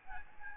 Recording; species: mosquito wingbeat signal from an infrared sensor; Aedes albopictus